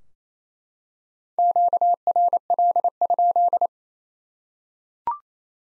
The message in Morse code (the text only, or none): QRL?